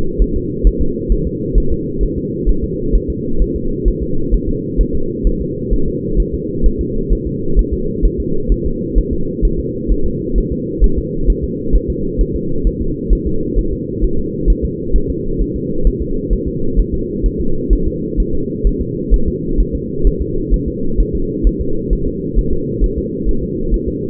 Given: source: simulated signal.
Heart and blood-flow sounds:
fetal heart sounds
0.22 s: S1
0.36 s: S2
0.67 s: S1
0.81 s: S2
1.12 s: S1
1.27 s: S2
1.58 s: S1
1.72 s: S2
2.03 s: S1
2.18 s: S2
2.49 s: S1
2.64 s: S2
2.95 s: S1
3.10 s: S2
3.42 s: S1
3.56 s: S2
3.88 s: S1
4.03 s: S2
4.34 s: S1
4.49 s: S2
4.81 s: S1
4.95 s: S2
5.27 s: S1
5.41 s: S2
5.73 s: S1
5.88 s: S2
6.20 s: S1
6.34 s: S2
6.66 s: S1
6.81 s: S2
7.13 s: S1
7.27 s: S2
7.59 s: S1
7.74 s: S2
8.05 s: S1
8.20 s: S2
8.52 s: S1
8.66 s: S2
8.98 s: S1
9.13 s: S2
9.45 s: S1
9.60 s: S2
9.92 s: S1
10.06 s: S2
10.38 s: S1
10.52 s: S2
10.84 s: S1
10.99 s: S2
11.30 s: S1
11.44 s: S2
11.75 s: S1
11.90 s: S2
12.21 s: S1
12.36 s: S2
12.67 s: S1
12.81 s: S2
13.13 s: S1
13.27 s: S2
13.59 s: S1
13.73 s: S2
14.04 s: S1
14.19 s: S2
14.50 s: S1
14.65 s: S2
14.96 s: S1
15.10 s: S2
15.41 s: S1
15.56 s: S2
15.87 s: S1
16.02 s: S2
16.33 s: S1
16.48 s: S2
16.79 s: S1
16.94 s: S2
17.26 s: S1
17.41 s: S2
17.73 s: S1
17.88 s: S2
18.20 s: S1
18.35 s: S2
18.67 s: S1
18.81 s: S2
19.14 s: S1
19.28 s: S2
19.60 s: S1
19.75 s: S2
20.07 s: S1
20.21 s: S2
20.54 s: S1
20.68 s: S2
21.00 s: S1
21.15 s: S2
21.47 s: S1
21.61 s: S2
21.93 s: S1
22.07 s: S2
22.39 s: S1
22.53 s: S2
22.84 s: S1
22.98 s: S2
23.29 s: S1
23.43 s: S2
23.74 s: S1
23.88 s: S2
From the record:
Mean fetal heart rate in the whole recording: 130 bpm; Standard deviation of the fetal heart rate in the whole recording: 2 bpm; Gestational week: 36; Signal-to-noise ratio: -8.1 dB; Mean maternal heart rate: 72 bpm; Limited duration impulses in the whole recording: absent

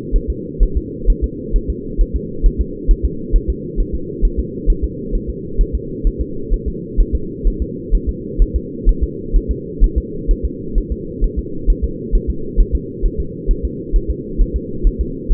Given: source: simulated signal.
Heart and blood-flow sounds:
fetal heart sounds
0.16 s: S1
0.30 s: S2
0.63 s: S1
0.77 s: S2
1.10 s: S1
1.24 s: S2
1.56 s: S1
1.70 s: S2
2.01 s: S1
2.16 s: S2
2.46 s: S1
2.61 s: S2
2.91 s: S1
3.05 s: S2
3.36 s: S1
3.50 s: S2
3.80 s: S1
3.95 s: S2
4.25 s: S1
4.39 s: S2
4.70 s: S1
4.84 s: S2
5.15 s: S1
5.30 s: S2
5.61 s: S1
5.75 s: S2
6.07 s: S1
6.21 s: S2
6.54 s: S1
6.68 s: S2
7.00 s: S1
7.15 s: S2
7.47 s: S1
7.62 s: S2
7.95 s: S1
8.09 s: S2
8.42 s: S1
8.56 s: S2
8.89 s: S1
9.03 s: S2
9.36 s: S1
9.51 s: S2
9.84 s: S1
9.98 s: S2
10.31 s: S1
10.45 s: S2
10.78 s: S1
10.92 s: S2
11.24 s: S1
11.39 s: S2
11.70 s: S1
11.84 s: S2
12.15 s: S1
12.30 s: S2
12.60 s: S1
12.75 s: S2
13.05 s: S1
13.20 s: S2
13.51 s: S1
13.65 s: S2
13.96 s: S1
14.10 s: S2
14.41 s: S1
14.56 s: S2
14.87 s: S1
15.01 s: S2
15.32 s: S1
From the record:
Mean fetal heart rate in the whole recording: 130 bpm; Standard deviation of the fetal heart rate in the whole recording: 2 bpm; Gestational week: 38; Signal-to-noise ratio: -4.3 dB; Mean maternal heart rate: 72 bpm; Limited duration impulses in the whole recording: absent

